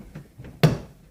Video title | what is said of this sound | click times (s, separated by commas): Replacing a Door Handle on a Toyota Tacoma | all we have to do is to hold it in place line it up and push it straight in till it clicks | 0.6 s